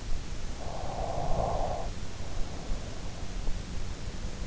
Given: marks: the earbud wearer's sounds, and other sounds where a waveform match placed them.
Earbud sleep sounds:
sounds in sleep by an in-ear microphone; snoring breath
0.21-3.22 s: snoring breath

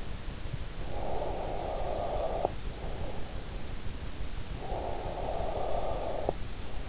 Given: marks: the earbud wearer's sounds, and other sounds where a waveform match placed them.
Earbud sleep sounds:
sounds in sleep by an in-ear microphone; breath
0.59-3.62 s: breath
4.36-6.81 s: breath

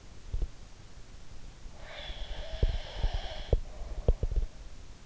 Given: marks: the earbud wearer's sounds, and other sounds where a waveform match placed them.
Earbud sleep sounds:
sounds in sleep by an in-ear microphone; breath
0.00-0.51 s: sound from someone else or the room
1.71-4.46 s: breath
2.02-4.46 s: sound from someone else or the room

